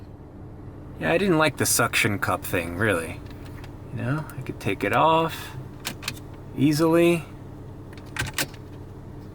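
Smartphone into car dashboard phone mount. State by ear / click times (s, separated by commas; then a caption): seated / 8.4 s. Someone talks, then a smartphone is pushed into the jaws of a new dashboard phone mount in a car. The clamp grips it with a sharp snap at 8.4 s, leaving the phone seated in the mount.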